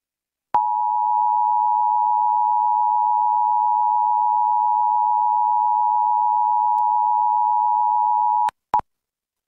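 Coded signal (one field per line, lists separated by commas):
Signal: Emergency Alert System (SAME) tones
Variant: 853 and 960 Hz attention tone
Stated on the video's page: Nationwide EAS test broadcast on KABC-TV.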